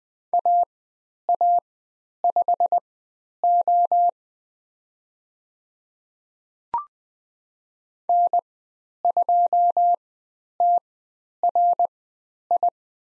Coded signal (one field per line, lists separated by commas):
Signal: Morse code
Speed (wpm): 20 wpm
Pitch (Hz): 700 Hz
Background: none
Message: AA5O N2TRI